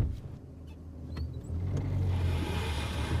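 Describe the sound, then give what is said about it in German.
A couple of faint clicks and knocks as someone gets into a car with tinted windows parked in a side street under a palm tree, followed by a low engine rumble that swells and settles into a steady idle. No one speaks. “Gabriel wechselte die Straßenseite und stieg ins Auto.”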